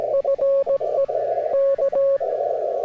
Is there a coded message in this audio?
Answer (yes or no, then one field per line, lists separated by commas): yes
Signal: Morse code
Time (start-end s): 0.1-2.2 s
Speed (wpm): 17 wpm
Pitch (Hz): 550 Hz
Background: radio noise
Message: FE K